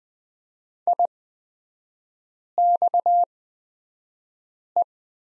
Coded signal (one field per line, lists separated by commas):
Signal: Morse code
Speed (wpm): 20 wpm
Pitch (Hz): 700 Hz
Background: none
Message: IXE